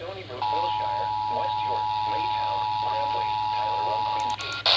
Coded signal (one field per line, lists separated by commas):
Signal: Emergency Alert System (SAME) tones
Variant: 853 and 960 Hz attention tone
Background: speech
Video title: Dark n Stormy Night. | EAS Alerts from 9/21-22/24 | EAS#1,518-1,582